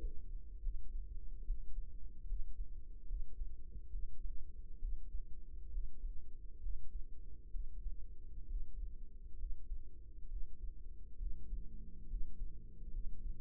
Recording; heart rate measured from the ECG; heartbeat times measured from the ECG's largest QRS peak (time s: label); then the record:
heart sounds by microphone in the right ear; 68 bpm
0.59 s: heartbeat
1.43 s: heartbeat
2.25 s: heartbeat
3.06 s: heartbeat
3.89 s: heartbeat
4.78 s: heartbeat
5.69 s: heartbeat
6.59 s: heartbeat
7.50 s: heartbeat
8.46 s: heartbeat
9.36 s: heartbeat
10.27 s: heartbeat
11.16 s: heartbeat
12.06 s: heartbeat
12.89 s: heartbeat
From the record:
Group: healthy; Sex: male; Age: 35 years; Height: 178 cm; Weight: 64 kg